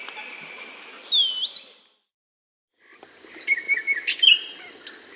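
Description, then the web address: Epaulet oriole call notes: a clear whistled rising note and short chips, a pause of near silence, then a run of varied whistles and chattering notes. Recorded in South America. "S America Epaulet Oriole (Icterus cayanensis)"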